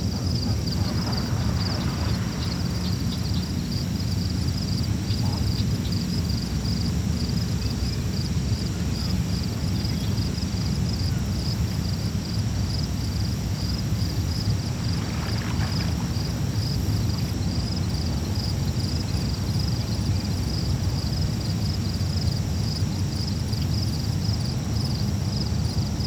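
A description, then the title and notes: Birds chirp at the lake in a fast, even pattern of high, thin notes that runs the whole way through. Under them sits a steady low rumble, like wind or far traffic. Brief rustling bursts come near the start and around the middle. Chirping Birds at the Lake.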